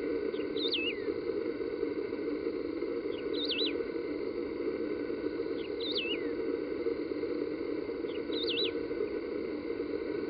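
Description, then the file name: Wedge-tailed grass finch calling four times at regular intervals of roughly two and a half seconds, each note a quick high warble that falls away, over steady background drone. Recorded in a nature reserve at Piraju, Brazil. "Emberizoides herbicola -Piraju, Brasil -nature reserve"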